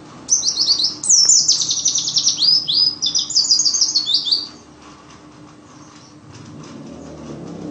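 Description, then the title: White-eye song: a continuous, very high, rapid twittering phrase lasting about four seconds, followed by quiet background hiss. Wild ('ngalas') white-eye song used as filler material for training songbirds (masteran). "mster Mnuk. Pleci ngalas isian untuk masteran"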